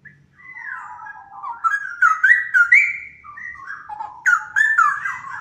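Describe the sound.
Straw-headed bulbul singing a continuous run of rich, liquid, gurgling notes that rise and fall, with a few sharp accented notes near the end.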